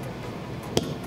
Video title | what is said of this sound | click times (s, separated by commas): Introduction to Torque Wrenches | and then you hear that click and a little bit of tension has released for me to let me know that it's no longer | 0.8 s